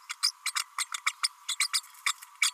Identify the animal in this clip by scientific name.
Forpus passerinus